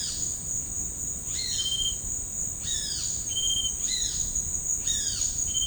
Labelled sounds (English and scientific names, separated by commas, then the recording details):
Great Kiskadee (Pitangus sulphuratus)
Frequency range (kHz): Great Kiskadee (Pitangus sulphuratus) 0.8-6.8 kHz
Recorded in dense forest near Puerto Asís, Putumayo, Colombia, on 25 June 2025 at 12:30
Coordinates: 0.481, -76.323
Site G072